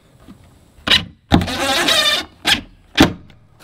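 A wooden door on a chicken house is swung shut and its door latch catches with a sharp knock at 1.3 s, followed by a longer rattling, scraping noise. Two more short knocks come at about 2.5 s and 3.0 s. The latch seats and works fine.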